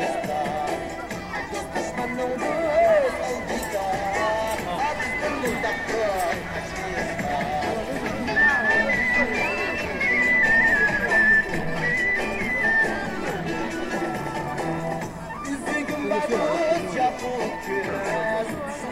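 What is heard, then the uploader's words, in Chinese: Square dancing in Harbin's railway park: a dense, steady wash of overlapping voices and chatter runs through the whole recording, with music and tones weaving underneath. A bright, wavering high melody rises clearly between about eight and thirteen seconds, and the level stays busy and even throughout. 哈尔滨铁路公园，广场舞。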